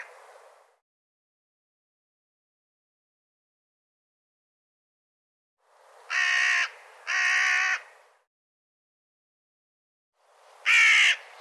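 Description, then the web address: Bird calling with harsh caws: a faint call fading at the start, long silence, then a quick pair of caws and one final loud caw. "cianscape birddata"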